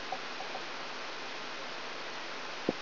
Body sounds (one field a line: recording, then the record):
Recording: brain microelectrode recording played as sound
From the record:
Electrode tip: outside the subthalamic nucleus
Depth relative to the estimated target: -6 mm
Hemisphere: left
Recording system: AlphaMap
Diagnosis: Parkinson's disease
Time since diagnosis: 13 years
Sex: male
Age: 62 years